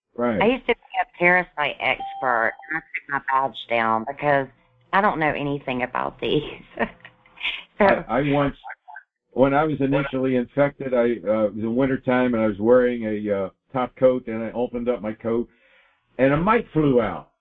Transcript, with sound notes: I used to be a parasite expert, and I put my badge down because I don't know anything about these. (laughs) So...
I once... When I was initially infected, I, uh... It was the wintertime and I was wearing a, uh, top coat. And I opened up my coat, and a mite flew out.